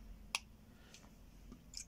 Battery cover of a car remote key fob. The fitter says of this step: diye bir ses duyduk kapağımız bu açtık ve pilimiz burada tekrar